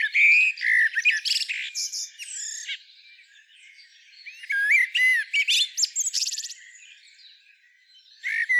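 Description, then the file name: Common blackbird singing varied phrases: low fluty whistles near the start and end, with bursts of high, scratchy twittering notes in between and a pause midway. "Turdus merula"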